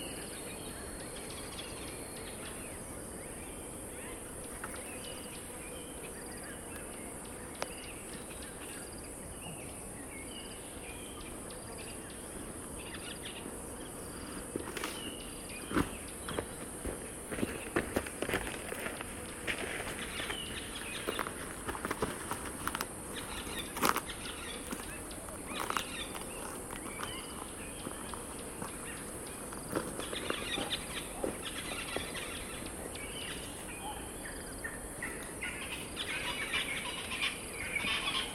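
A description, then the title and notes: Outdoor ambience beside a dry stretch of the Limpopo River early in the rainy season, carried by a steady, piercing insect drone high above everything. Beneath it runs a dense bed of chirps and calls, with sharper clicks and small bursts after the midpoint. Durational audio recording of the sound environment around a dry stretch of the Limpopo River in South Africa at the beginning of the rainy season. The recording begins just before dusk and continues through late morning. Audio encoding: Stereo FLAC at 48kHz, 24bit.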